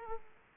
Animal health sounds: mosquito wingbeat signal from an infrared sensor; Aedes aegypti

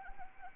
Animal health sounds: mosquito wingbeat signal from an infrared sensor; Anopheles arabiensis

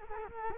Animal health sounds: mosquito wingbeat signal from an infrared sensor; Culex quinquefasciatus

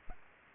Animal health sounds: mosquito wingbeat signal from an infrared sensor; Anopheles arabiensis

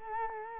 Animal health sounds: mosquito wingbeat signal from an infrared sensor; Culex quinquefasciatus

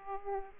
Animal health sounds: mosquito wingbeat signal from an infrared sensor; Aedes aegypti

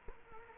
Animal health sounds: mosquito wingbeat signal from an infrared sensor; Culex quinquefasciatus

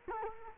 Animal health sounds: mosquito wingbeat signal from an infrared sensor; Culex quinquefasciatus

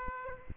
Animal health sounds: mosquito wingbeat signal from an infrared sensor; Aedes aegypti

